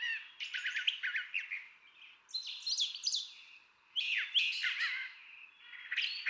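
Brown Thrasher song, a dense run of chattering notes, buzzy squawks and sliding whistles, phrases flowing into each other over a steady background hiss.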